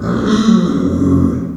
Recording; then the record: squeal of a Yucatan mini pig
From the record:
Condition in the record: after surgery on the right vocal fold (resection and tissue-engineered implant); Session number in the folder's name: 9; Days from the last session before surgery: 65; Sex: female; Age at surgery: 19 weeks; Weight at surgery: 25 kg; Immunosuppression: prednisolone